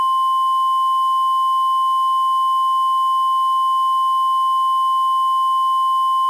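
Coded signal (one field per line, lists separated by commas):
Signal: Emergency Alert System (SAME) tones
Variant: 1050 Hz attention tone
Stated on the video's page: Fictional EAS scenario teaser, a simulated alert rather than a real broadcast.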